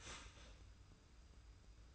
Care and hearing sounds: daily activity, microphone in the room; start toaster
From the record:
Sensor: 2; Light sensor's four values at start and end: 29/69/28/28 and 29/69/28/28

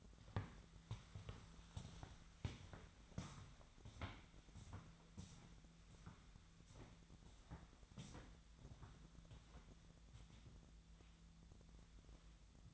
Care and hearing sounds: daily activity, microphone in the room; walk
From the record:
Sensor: 3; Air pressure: 1008.4 hPa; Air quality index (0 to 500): 192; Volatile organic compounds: 14 ppm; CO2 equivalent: 2477 ppm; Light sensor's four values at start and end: 20/49/21/22 and 21/50/21/22

